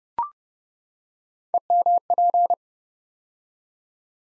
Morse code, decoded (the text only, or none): EMP